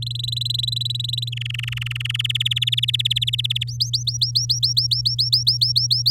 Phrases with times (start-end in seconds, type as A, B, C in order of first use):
0.02-1.29 A, 1.32-2.27 B, 2.29-3.64 C, 3.67-6.11 D